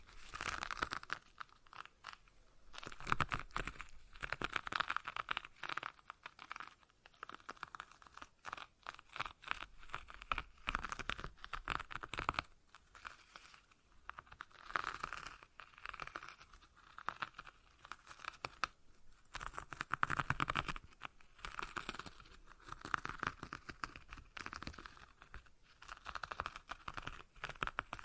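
Stress ball being squeezed and kneaded, producing continuous crinkly, crackling rustles with many rapid small clicks. The texture stays busy throughout the 28 seconds, with brief louder bursts around 3, 15 and 20 seconds and short quieter gaps between squeezes.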